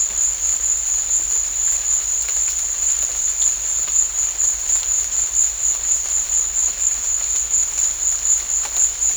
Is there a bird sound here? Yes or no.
no